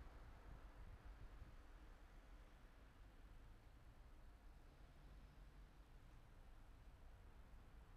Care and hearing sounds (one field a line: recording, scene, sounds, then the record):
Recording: everyday scene through a hearing-aid microphone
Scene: in traffic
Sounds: traffic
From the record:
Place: city secondary road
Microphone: behind the ear, right, rear